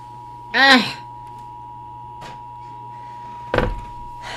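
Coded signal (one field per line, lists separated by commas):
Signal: Emergency Alert System (SAME) tones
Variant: 853 and 960 Hz attention tone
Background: speech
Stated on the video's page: Alert tones in a simulated, fictional emergency alert scenario.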